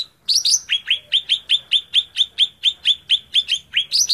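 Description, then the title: Greater green leafbird song opens with high rising notes, then runs into a steady, fast chain of sharp, clipped chirps. Tutor song (masteran) for training other birds of the same kind. "Suara Burung Cucak Ijo"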